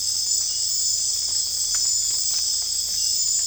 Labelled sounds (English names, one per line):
none